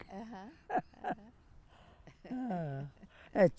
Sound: laughs

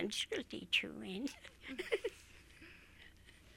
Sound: laughs

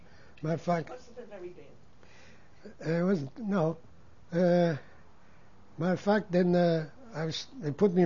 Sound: his wife speaks off-mike

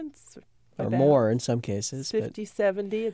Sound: none

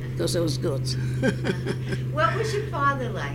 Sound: she laughs

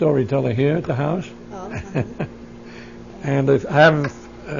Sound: he laughs

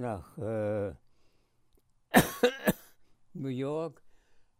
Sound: coughs

